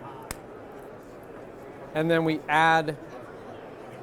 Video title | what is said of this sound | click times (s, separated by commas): nLight rPOD Micro Switch by Acuity Brands | Simply snaps into place here, | 0.3 s